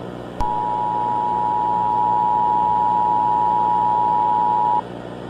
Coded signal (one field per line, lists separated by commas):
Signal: Emergency Alert System (SAME) tones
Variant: 853 and 960 Hz attention tone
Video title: New York Shooting [EAS Scenario/Analog Horror] - Foxtrot Foundation